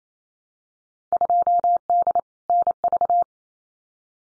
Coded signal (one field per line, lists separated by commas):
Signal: Morse code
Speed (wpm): 28 wpm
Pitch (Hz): 700 Hz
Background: none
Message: 2D NV